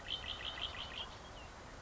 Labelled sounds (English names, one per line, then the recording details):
Red-winged Blackbird
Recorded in Sonoma County, California